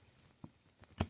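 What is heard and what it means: A screwdriver lifts the metal ratchet click (pawl) on a mantel clock mainspring arbor against its small retaining spring. After two faint ticks near 0.4 and 0.8 seconds, a sharp click at 1.0 seconds marks the click latching in its release position, clear of the gear.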